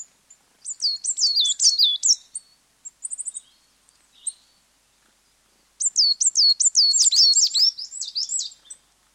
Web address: Coal Tits, two pairs displaying to each other on territorial boundary